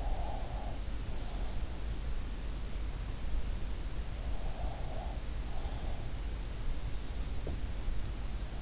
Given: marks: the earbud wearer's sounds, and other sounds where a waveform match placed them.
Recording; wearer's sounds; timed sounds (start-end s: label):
sounds in sleep by an in-ear microphone; breath
0.00-1.59 s: breath
4.41-6.12 s: breath